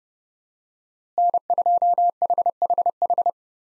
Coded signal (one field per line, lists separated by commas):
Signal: Morse code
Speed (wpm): 30 wpm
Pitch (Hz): 700 Hz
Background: none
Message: N2HHH